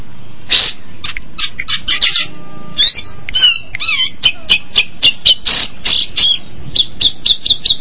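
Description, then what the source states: Long-tailed shrike song: varied medley of harsh notes, wavering whistles and quick chattering squeaks, with pauses between short phrases. Combination song.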